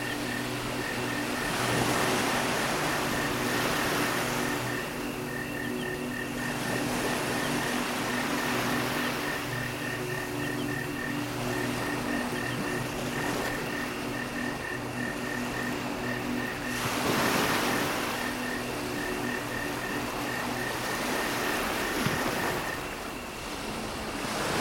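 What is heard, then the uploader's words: Gentle ocean waves wash in with soft surges around 2, 6 and 17 seconds, over a steady low hum and a continuous high chirping pulse of insects. Relax on a tropical beach at sunset. Ocean waves crash gently nearby, and a soothing chorus of frogs and insects call out in the distance.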